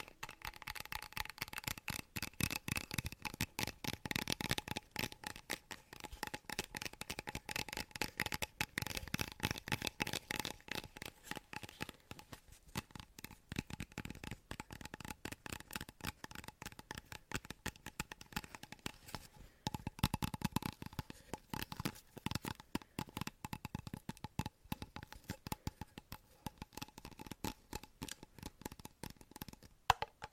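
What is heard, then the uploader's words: Intense tapping runs throughout as a dense, rapid stream of sharp clicks, shifting in speed and weight with brief thicker bursts around 4, 9 and 20 seconds. A faint steady tone hums underneath the whole time, and one hard tap lands right at the end. ASMR INTENSE TAPPING.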